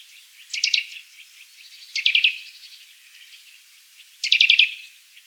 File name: Sitta europaea